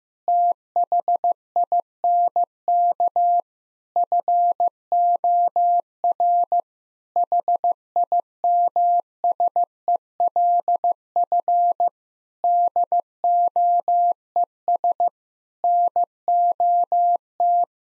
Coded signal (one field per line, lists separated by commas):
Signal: Morse code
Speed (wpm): 15 wpm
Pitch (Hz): 700 Hz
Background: none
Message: THINK FOR HIMSELF DOES NOT